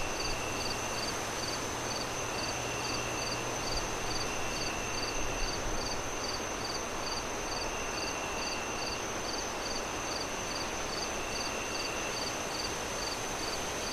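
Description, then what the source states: Crickets keep up rapid, regular chirping pulses while strong wind noise fills the background and a faint low hum runs early on. Crickets chirping on a windy night as the moon rises, with wind howling through the trees.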